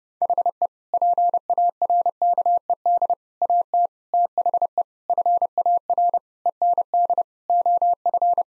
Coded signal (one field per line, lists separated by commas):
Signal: Morse code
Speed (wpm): 32 wpm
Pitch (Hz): 700 Hz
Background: none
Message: HE PARKED AT THE FAR END OF